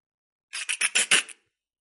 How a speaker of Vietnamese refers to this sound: Tiếng kêu quen thuộc của con khỉ tiểu hôi. Con khỉ xám ba mắt này vừa xuống đến mặt đất, ngoảnh đầu nhìn tứ hướng.